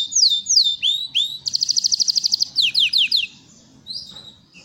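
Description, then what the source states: Belgian canary song: slurred descending whistles, then a rapid rolling trill, more falling notes and a soft closing whistle. Copper-coloured Belgian canary.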